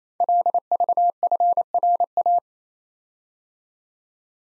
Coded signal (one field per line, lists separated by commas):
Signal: Morse code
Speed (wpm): 29 wpm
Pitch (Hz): 700 Hz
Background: none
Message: LVFRA